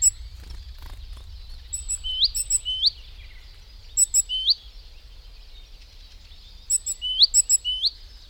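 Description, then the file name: Great tit giving repeated clusters of tiny high clicks, each capped by a swift upward-sweeping note, with a continuous shrill background hum. "Parus major"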